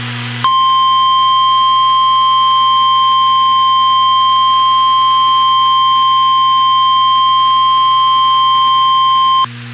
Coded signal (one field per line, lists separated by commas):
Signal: Emergency Alert System (SAME) tones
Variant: 1050 Hz attention tone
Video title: Required weekly test WXK 91 Topeka Kansas live voice